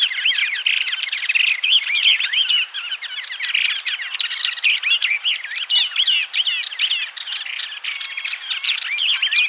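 Yellow-eyed babbler scald song: a dense, continuous chatter of rapid overlapping chirps and short whistled notes, harsh and busy throughout without pauses.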